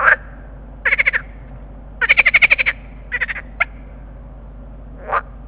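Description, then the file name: Water frog chorus with rapid pulsed rattling croaks in bursts, one longer rattle of several pulses, then shorter calls, over a low hum. Chorus call of green frogs (groene kikker). "groenekikker roepkoor"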